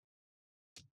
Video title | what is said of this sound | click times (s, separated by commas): How to Upgrade the SSD Storage on an HP EliteBook 840 G3 Laptop | just like that you want to hear some click sound put your thumb in here your finger in here and just bring it up | 0.8 s